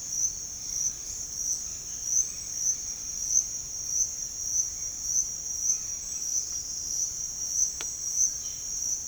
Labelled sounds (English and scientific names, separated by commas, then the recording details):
none
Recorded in pastures near Puerto Asís, Putumayo, Colombia, on 21 March 2025 at 07:30
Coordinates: 0.502, -76.324
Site GP07